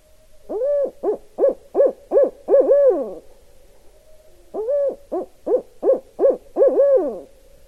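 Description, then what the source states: Barred owl giving two hooting series, each of about six rhythmic hoots ending in a longer slurred note, with a pause of about a second and a half between them. Recorded 16 November 2012.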